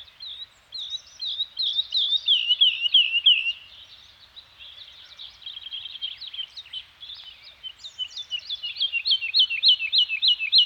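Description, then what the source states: Bird song of bright high notes in quick repeated series, a slurred trill early on, softer twittering, then a steady run of sharp chirps toward the end. Scandinavian forest environment with birds singing.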